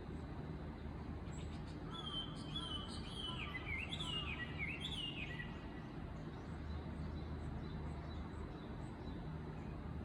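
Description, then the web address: Bird song of whistled notes and quick rising and falling chirps over a steady low background rumble, ending after about five seconds. "yacho koe"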